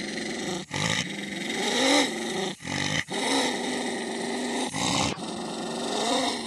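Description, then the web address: Wolf growling and snarling in rough bursts broken by short pauses, over constant hiss. "wolves"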